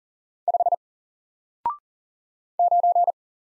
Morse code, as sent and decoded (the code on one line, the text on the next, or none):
..... / ----.
5 9